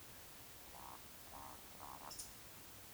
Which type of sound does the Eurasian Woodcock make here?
whistle, croak